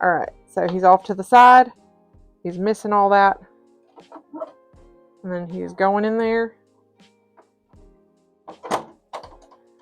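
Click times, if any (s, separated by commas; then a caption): none. Someone talks while a hooped cap on a plastic/metal hat hoop is handled and slid toward an embroidery machine's cap driver, to ride along its track. A few faint knocks and handling sounds come near the end. Nothing has seated or clicked into place yet.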